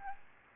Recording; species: mosquito wingbeat signal from an infrared sensor; Aedes albopictus